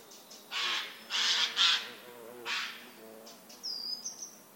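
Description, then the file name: Eurasian jay calls: four loud, grating screeches in quick succession, followed by fainter rasps and a brief high whistle from another bird, over a low steady hum. "Garrulus glandarius"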